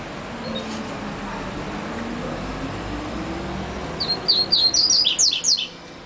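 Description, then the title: Double-collared seedeater song: after several quiet seconds of faint background hiss, a quick run of high, sharply falling notes. "Canto Coleiro"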